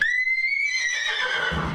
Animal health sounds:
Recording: contact call of a hoofed animal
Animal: horse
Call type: whinny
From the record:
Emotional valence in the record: negative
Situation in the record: group separation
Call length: 1.75 s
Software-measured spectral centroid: 2540 Hz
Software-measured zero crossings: 4130 a second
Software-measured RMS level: -24 dBFS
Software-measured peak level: -9 dBFS

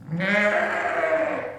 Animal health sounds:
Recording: contact call of a hoofed animal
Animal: sheep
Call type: low-frequency (closed-mouth) or high-frequency (open-mouth) call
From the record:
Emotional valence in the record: negative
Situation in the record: short social isolation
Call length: 1.59 s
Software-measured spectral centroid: 1670 Hz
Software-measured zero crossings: 1960 a second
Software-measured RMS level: -24 dBFS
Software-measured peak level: -8 dBFS

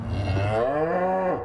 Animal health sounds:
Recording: contact call of a hoofed animal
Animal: cattle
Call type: low-frequency (closed-mouth) or high-frequency (open-mouth) call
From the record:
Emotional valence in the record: negative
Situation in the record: full separation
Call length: 1.44 s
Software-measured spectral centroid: 1160 Hz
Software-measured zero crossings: 1130 a second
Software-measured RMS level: -24 dBFS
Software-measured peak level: -12 dBFS

